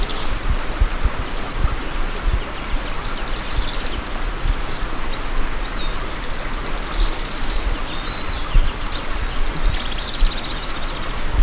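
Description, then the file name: Bird calling in short bursts of high, thin twittering notes every few seconds above a steady heavy low rumble. "SABIOD 50 bird 2015"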